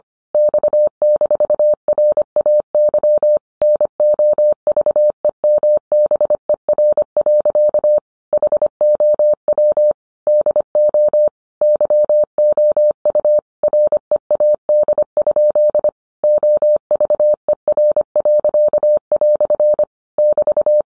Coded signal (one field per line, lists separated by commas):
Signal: Morse code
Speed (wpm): 25 wpm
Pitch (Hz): 600 Hz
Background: none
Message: X-RAY NOVEMBER. HOW DO YOU READ? OVER." <BT>